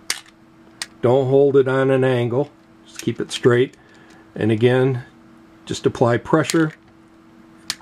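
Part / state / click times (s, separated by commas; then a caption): SMA torque wrench on a coaxial SMA connector / torque reached / 7.7 s. A small click-type torque wrench, held perpendicular on an SMA coaxial connector, is pressed until it breaks over at its 8 inch-pound setting, giving a sharp click at 7.7 s. Someone talks through most of the clip, and a couple of brief ticks are heard near the start.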